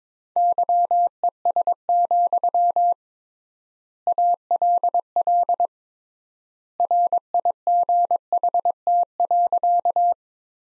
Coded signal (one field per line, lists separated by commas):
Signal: Morse code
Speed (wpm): 22 wpm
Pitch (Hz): 700 Hz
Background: none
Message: YES, ALL RIGHT.